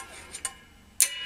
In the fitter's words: there do you hear it snap in okay that one's locked in now you can look across the back